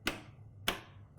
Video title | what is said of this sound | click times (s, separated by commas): Ryzen 5 1600X - Step-By-Step Build - Part 2 | clicks into place that's all there is to it our ram is installed graphics | 0.1 s, 0.7 s